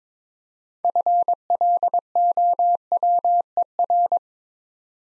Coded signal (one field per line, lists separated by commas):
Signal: Morse code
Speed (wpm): 22 wpm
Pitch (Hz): 700 Hz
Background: none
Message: FLOWER